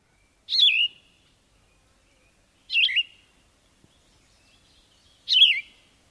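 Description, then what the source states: Yellow-throated vireo singing: three short, husky, slurred phrases dropping in pitch, separated by pauses of about two seconds. Slower than its cousin with longer pauses between phrases, raspier and harsher; mnemonic 'EA38' with a harsh roll on the 'EA'.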